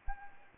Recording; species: mosquito wingbeat signal from an infrared sensor; Anopheles gambiae